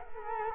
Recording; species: mosquito wingbeat signal from an infrared sensor; Culex quinquefasciatus